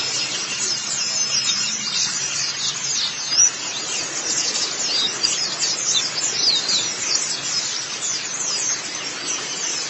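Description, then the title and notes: White-eye twittering, a high, thin and blurred stream of chirps that continues without a break. "Kicauan Burung Pleci Durasi Panjang. Suara kicauan burung pleci"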